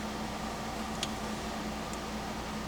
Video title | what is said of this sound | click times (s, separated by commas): 1964 81102 Briggs & Stratton Refurbish Part 4 of 5 | So 1/4 turn would be right there, and it did not click. | none